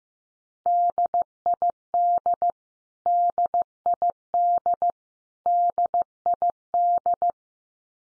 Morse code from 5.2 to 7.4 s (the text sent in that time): DID